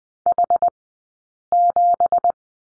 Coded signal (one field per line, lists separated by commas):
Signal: Morse code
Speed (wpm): 20 wpm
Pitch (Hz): 700 Hz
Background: none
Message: H7